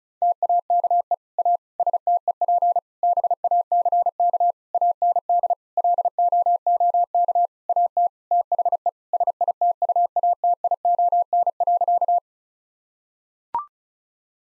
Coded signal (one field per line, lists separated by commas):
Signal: Morse code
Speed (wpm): 36 wpm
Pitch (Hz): 700 Hz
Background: none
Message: TAKE A STEP BACK AND LOOK AT THE SITUATION.